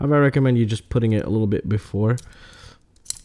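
Someone talks while fitting the small metal locking piece into the folding arm joint of a camera drone frame, between the carbon fibre frame plates, where it gives the arm its rigidity. After the talking stops, a few faint handling ticks lead to a sharp click at 3.1 s as the piece snaps into place and seats, though the step is fiddly and the seating is uncertain.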